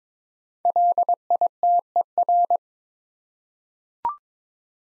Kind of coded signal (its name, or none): Morse code